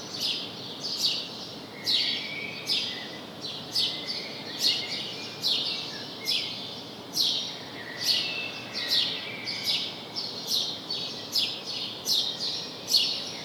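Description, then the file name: House sparrow chirping, a string of bright, harsh chips at a bit over one per second, with soft background hiss. "Passer domesticus"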